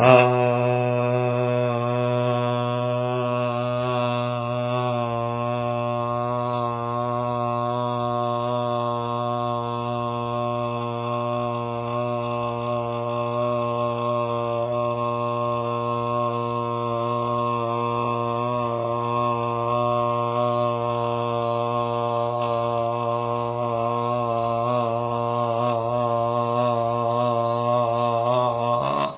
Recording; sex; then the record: sustained vowel /a/; male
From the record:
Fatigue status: no fatigue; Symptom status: asymptomatic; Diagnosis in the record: COVID-19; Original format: 3gp